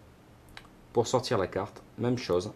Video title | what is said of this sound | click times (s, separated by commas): Astuce N°21 : Bien choisir sa carte micro SD pour sa GoPro | vous appuyez avec l'ongle jusqu'au petit clic | 0.6 s